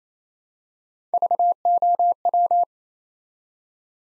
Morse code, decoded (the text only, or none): VOW